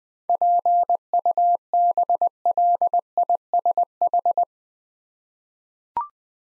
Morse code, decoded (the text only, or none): PUBLISH